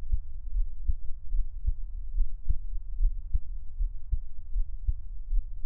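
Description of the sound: Steady, regular low thumps at about 75 beats a minute: an adult's own heartbeat, heard up close for ASMR, with no talking.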